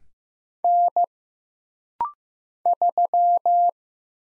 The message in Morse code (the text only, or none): N 3